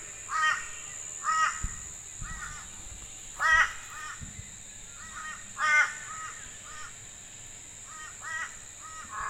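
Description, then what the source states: Crows cawing, harsh caws in short bursts of one to three at irregular intervals, over a steady high whine. A murder of crows, a group of several crows.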